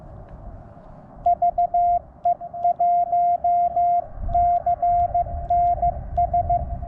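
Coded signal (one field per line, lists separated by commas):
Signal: Morse code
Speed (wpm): 15 wpm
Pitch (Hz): 700 Hz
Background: radio noise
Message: VE1CNS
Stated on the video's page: QRP CW Parks on the Air activation at Chatfield State Park, sent with an iambic paddle on a QMX transceiver into an end-fed half-wave antenna.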